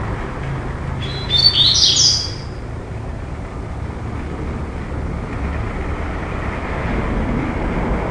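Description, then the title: Double-collared seedeater song: a single short, high, jumbled phrase of rapid notes, then only low background noise. "Canto Coleiro"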